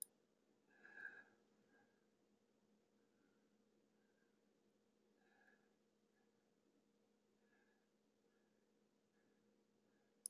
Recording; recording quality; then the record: shallow breathing; excellent, no background noise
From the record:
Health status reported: healthy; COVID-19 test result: not tested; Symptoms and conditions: none ticked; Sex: male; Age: 31 years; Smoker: not ticked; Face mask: not worn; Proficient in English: yes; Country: United States